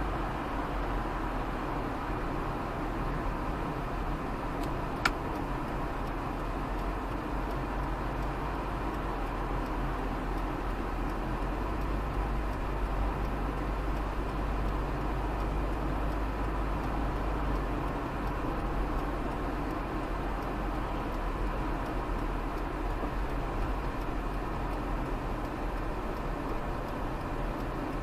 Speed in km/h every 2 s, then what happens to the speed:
52, 49, 48, 47, 47, 47, 49, 51, 53, 53, 51, 49, 47, 45.
0-10 steady at about 47. 10-19 speeds up to 53. 19-28 slows to 45.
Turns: none.